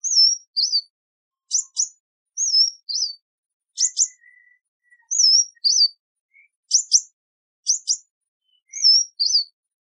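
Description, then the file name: Sunbird giving bright, slurred high whistles and quick paired ticking chips in alternation, with a soft fainter note in the background midway. "Tieng chim hut mat"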